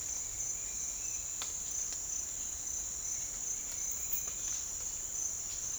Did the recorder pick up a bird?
no